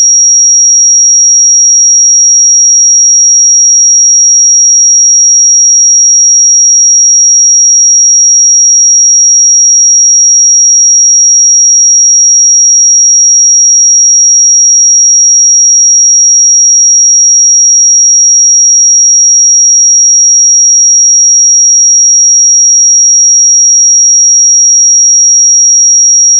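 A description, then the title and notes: A pure sine tone at 5661 Hz sounds without pause for the whole clip. The high, thin whistle holds one unchanging pitch at a constant level from start to finish, with no other sounds behind it. 5661 Hz 1 Hz Interval Sine Pure Tone Frequency 441000 Sample Mono.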